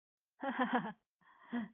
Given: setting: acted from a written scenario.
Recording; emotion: vocal sound without words; amusement